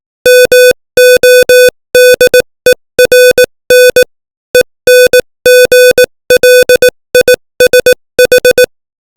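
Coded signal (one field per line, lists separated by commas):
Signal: Morse code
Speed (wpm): 18 wpm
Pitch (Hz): 500 Hz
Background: music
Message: MODERN ENGLISH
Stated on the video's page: Morse code practice at 18 WPM, opening with VVV, sending English text.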